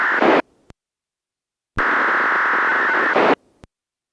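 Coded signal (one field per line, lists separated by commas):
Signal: unidentified radio signal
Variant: disaster radio control signal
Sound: two harsh hissing data bursts with warbling tones, separated by silence and clicks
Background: radio static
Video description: 最後に北海道伊達市のアナログ局の旧TOA「夕焼け小焼け」と制御信号音、並びにアンサーバック信号音が混信してしまいました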